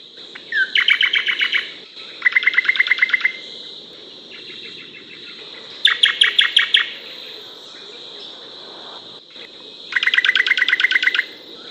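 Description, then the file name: Dark-brown honeyeater song: five bursts of rapid buzzy trilled notes, each about a second long, the first four close together and the last after a gap of a few seconds, with a continuous high hum behind. "lichmera incana"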